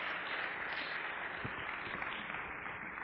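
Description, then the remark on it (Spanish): An audience applauds after a presentation by Andrés Muñoz, a steady, dense wash of clapping that holds at an even level for about three seconds, with no voices over it. “Brindémosle otro fuerte aplauso a Andrés Muñoz por esta exposición que nos acaba de dar.”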